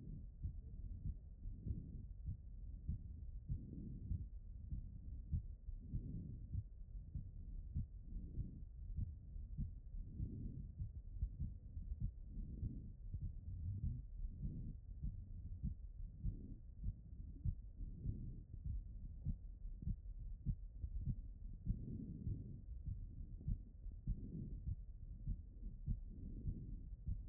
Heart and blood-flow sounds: heart sounds by stethoscope; pulmonary valve (PV)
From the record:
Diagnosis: HFrEF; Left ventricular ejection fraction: 25%

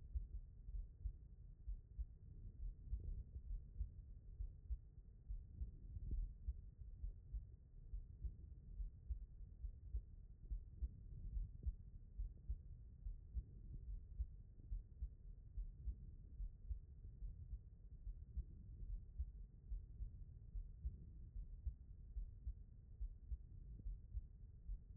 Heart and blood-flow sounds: heart sounds by stethoscope; aortic valve (AV)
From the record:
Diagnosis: HFrEF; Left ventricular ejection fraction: 40%

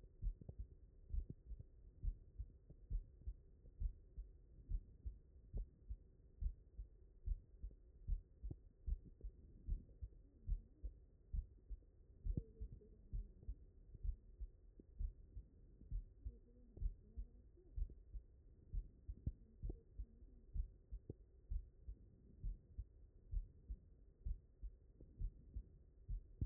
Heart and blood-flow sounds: heart sounds by stethoscope; mitral valve (MV)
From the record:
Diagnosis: non-HFrEF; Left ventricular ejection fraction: 74%

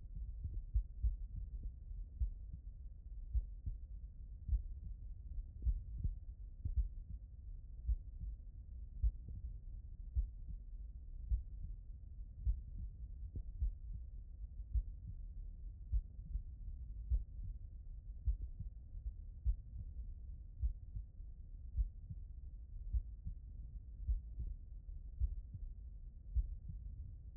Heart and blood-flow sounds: heart sounds by stethoscope; aortic valve (AV)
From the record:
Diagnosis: non-HFrEF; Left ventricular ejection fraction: 59%

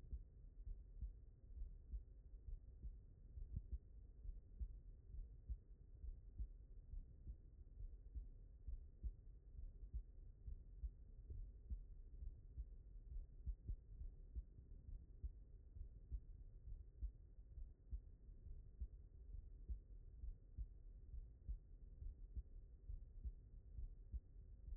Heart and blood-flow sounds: heart sounds by stethoscope; mitral valve (MV)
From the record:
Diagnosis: non-HFrEF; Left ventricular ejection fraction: 69%

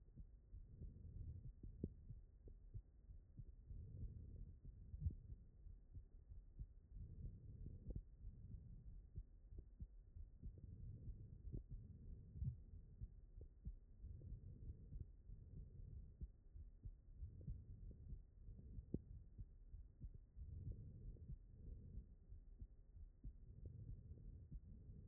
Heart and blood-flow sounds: heart sounds by stethoscope; aortic valve (AV)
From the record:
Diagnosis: non-HFrEF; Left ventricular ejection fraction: 65%

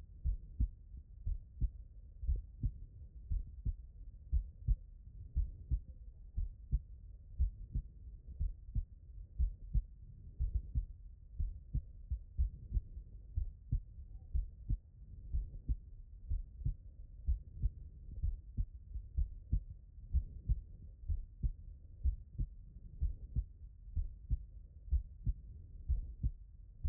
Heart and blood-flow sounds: heart sounds by stethoscope; tricuspid valve (TV)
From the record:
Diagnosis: non-HFrEF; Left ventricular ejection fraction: 68%

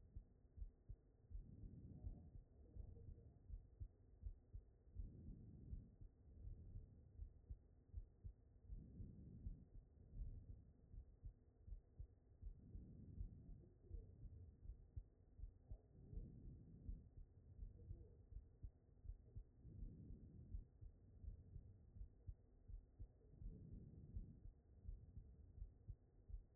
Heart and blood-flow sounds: heart sounds by stethoscope; aortic valve (AV)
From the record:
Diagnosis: non-HFrEF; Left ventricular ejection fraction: 71%

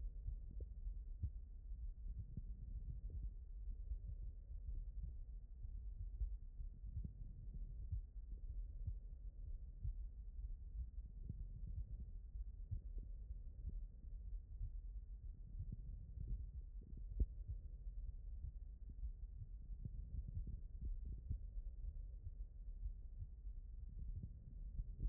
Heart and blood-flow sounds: heart sounds by stethoscope; aortic valve (AV)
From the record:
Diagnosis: HFrEF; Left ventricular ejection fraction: 36%

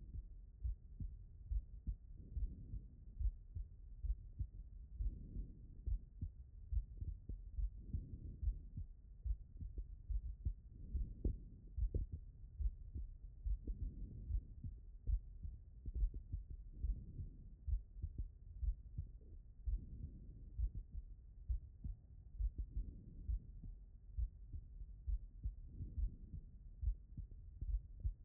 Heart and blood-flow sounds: heart sounds by stethoscope; aortic valve (AV)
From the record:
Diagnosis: non-HFrEF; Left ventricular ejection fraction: 62%

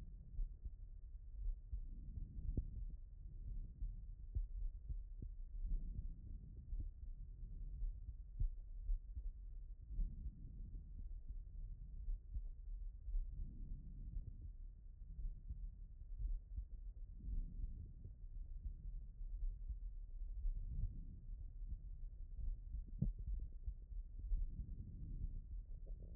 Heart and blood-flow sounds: heart sounds by stethoscope; pulmonary valve (PV)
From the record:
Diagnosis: non-HFrEF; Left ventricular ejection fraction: 65%

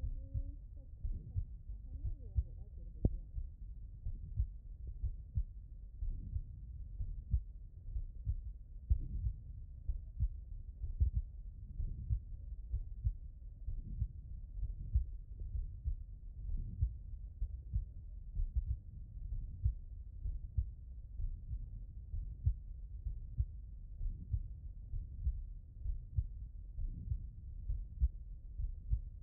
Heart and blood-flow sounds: heart sounds by stethoscope; pulmonary valve (PV)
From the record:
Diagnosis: HFrEF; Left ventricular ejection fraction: 37%

